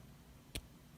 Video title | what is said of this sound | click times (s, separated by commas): Cellidor or Alox, which is the best MiniChamp | you hear that? It actually snaps into place and it's held in place. | 0.6 s